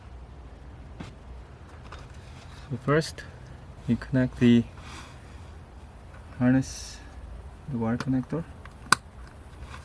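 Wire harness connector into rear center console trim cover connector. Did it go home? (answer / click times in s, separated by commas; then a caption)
yes / 8.9 s. While a new rear center console trim cover is fitted on a 2011 VW Tiguan TSi 2.0, the wire harness connector is plugged into its mating plastic connector on the trim cover. Someone talks, then a single sharp, loud click at 8.9 s shows the connector has seated.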